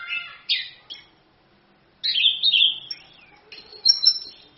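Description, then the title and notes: Orange-headed thrush song: rich, varied warbled phrases with slurred notes, a silent pause in the middle, then further rapid twittering. Masteran song of the thrush, meant as a pancingan lure to prompt another bird to sing; song described as gacor (vigorous) and ngerol (continuous rolling). "ANIS KEMBANG GACOR, ANIS KEMBANG NGEROL, PANCINGAN ANIS KEMBANG BIAR BUNYI. Masteran Anis Kembang"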